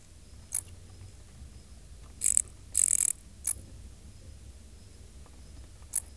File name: Pholidoptera griseoaptera